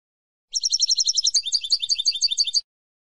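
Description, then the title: European goldfinch song, a rapid stream of liquid twittering notes running into a rolling series of tinkling chirps, lasting about two seconds. "Jilguero"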